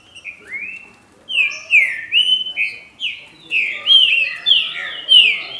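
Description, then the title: Green-winged saltator song, a lively series of sweeping whistles, some rising and some falling. "Trinca Ferro"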